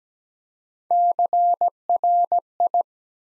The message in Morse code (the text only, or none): CRI